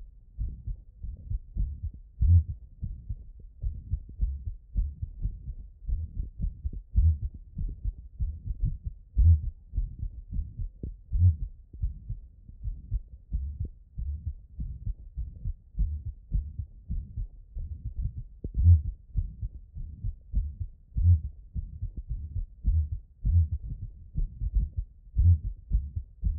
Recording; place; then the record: heart sounds by stethoscope; tricuspid valve (TV)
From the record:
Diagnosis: non-HFrEF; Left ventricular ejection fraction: 49%